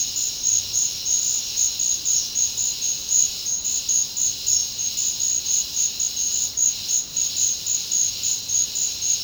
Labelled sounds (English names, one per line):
none